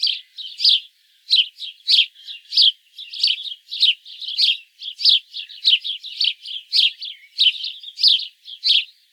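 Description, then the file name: House sparrow chirps, bright clipped notes repeated steadily, some paired, with quieter chirps filling the gaps. "Passer domesticus"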